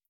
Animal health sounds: hydrophone in a shrimp aquaculture tank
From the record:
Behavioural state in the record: starved

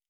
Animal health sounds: hydrophone in a shrimp aquaculture tank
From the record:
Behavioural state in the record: normal

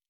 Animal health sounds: hydrophone in a shrimp aquaculture tank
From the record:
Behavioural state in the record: normal

